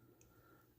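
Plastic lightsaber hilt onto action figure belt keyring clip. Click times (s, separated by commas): 0.2 s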